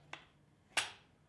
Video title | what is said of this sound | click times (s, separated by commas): The Kokomo Lantern Presents: Outdoors with Bud 2-1-25 | and you can hear it you can hear it lock | 0.1 s